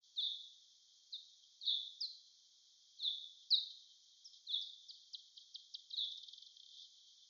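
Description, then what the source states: Bat echolocation calls, slowed down: downward-sweeping chirps at uneven intervals, then pulses that quicken into a rapid buzz toward the end. Locating an insect; slowed four times.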